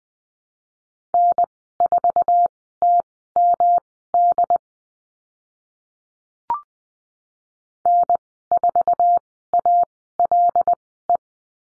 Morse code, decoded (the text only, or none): N4TMD N4ALE